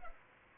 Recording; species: mosquito wingbeat signal from an infrared sensor; Culex pipiens